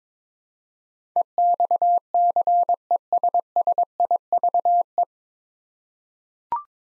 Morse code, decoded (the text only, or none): EXCESSIVE